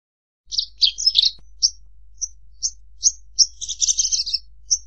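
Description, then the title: Horsfield's bush lark giving a quick cluster of high chirps, then short whistled notes spaced apart, then a dense burst of buzzy twittering near the end. Song used to train birds; bird singing actively and prolifically (gacor). "SUARA MASTERAN BURUNG BRANJANGAN GACOR"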